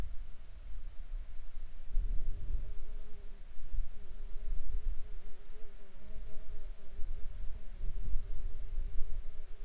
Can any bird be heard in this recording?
no